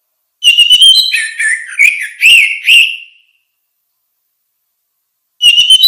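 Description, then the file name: Orange-headed thrush song: a quick twittering start running into several loud slurred whistles, then silence before a new phrase begins. "suara kicau burung anis merah luar biasa"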